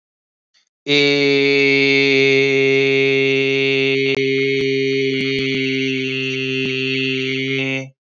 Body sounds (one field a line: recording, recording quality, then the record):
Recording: sustained vowel as in made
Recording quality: excellent, no background noise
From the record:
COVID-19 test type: RT-PCR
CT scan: not taken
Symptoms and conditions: cough, cold, sore throat, fatigue, loss of smell and taste, chronic lung disease, pneumonia, hypertension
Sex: male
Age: 23 years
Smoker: no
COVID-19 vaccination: both doses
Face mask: not worn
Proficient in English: yes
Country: India